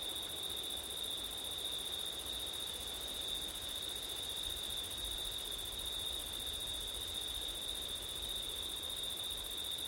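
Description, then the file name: Steady cricket trilling on a single high note, a second shimmering chorus above, and a soft bed of wind. Crickets recorded on a September night with wind. "crickets wind september night ortif"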